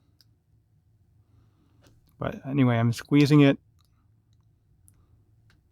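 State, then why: Partly seated. A metal bracelet's folding clasp on a Smiths Everest PRS-25 watch is squeezed shut as hard as possible while someone talks. It gives a faint click at 4.9 s, but the clasp keeps popping back out, so it does not stay fully latched.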